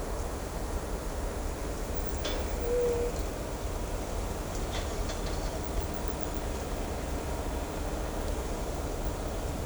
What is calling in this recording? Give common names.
none